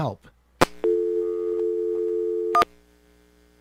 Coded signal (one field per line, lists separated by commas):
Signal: telephone call progress tone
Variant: North America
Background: speech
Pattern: dial tone